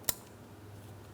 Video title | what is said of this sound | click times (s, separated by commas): How to Replace Thermostat with Housing Assembly 2003-2007 Cadillac CTS 3.6L V6 | Press it in, listen for a click. | 0.1 s